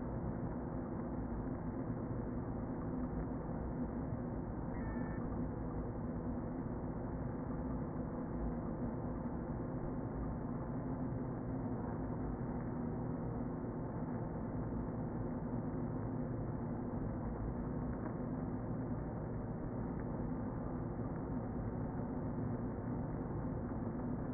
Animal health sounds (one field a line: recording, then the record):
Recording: honeybee colony, microphone inside the hive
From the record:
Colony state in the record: queen present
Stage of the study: before two queens were removed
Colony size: about 60,000 bees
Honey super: yes